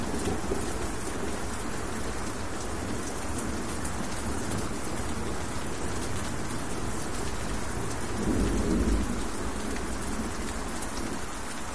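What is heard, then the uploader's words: Rain falls steadily on a castle, a dense, even hiss with pattering on hard surfaces throughout. A deep rumble of thunder swells around eight to nine seconds, low, then fades back under the constant downpour. Rain On Castle With Thunder And Lightning.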